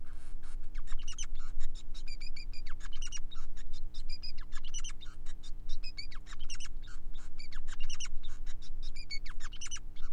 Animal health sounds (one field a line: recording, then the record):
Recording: song of a male Bengalese finch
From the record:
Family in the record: son of father 5